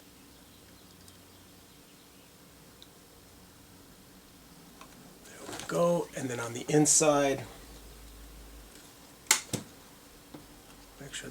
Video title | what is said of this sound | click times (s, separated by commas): Kenwood KDC-X715 not working, not rotating, ribbon replacement | that that snap into place on both sides. | 9.3 s, 9.5 s